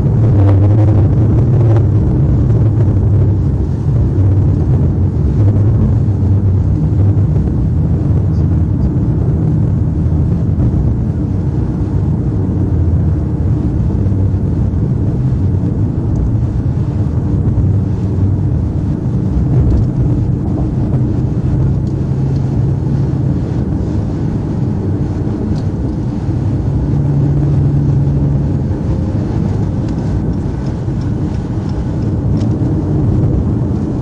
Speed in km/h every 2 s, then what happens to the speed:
101, 100, 95, 95, 93, 93, 92, 92, 92, 95, 100, 103, 103, 105, 105, 103, 101.
0-12 slows to 92. 12-17 steady at about 92. 17-21 speeds up to 103. 21-26 steady at about 103.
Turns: none.